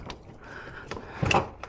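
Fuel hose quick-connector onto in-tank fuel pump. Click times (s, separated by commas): 1.3 s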